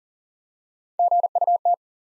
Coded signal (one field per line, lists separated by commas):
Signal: Morse code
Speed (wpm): 42 wpm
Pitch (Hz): 700 Hz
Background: none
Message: GUT